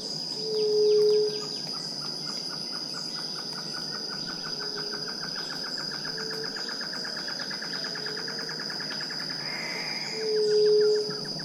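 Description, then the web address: White-tipped dove cooing, a low drawn-out hoot at the start and another near the end, with fainter hoots between, a rapid pulsed chatter and a constant insect buzz. "White tipped dove. صدای-قمری-ورو"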